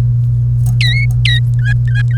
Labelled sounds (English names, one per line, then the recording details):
Domestic Canary song
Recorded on 1 May 2018 at 15:39
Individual llb3